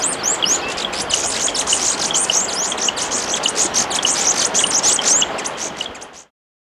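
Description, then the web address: Viridian metaltail giving rapid high chips and short downslurred twitters, several per second, before the sound ends abruptly at about six seconds. Subspecies atrigularis, recorded in Ecuador. "Natures Songs S America Birds of Ecuador. Viridian Metaltail (Atrigularis)"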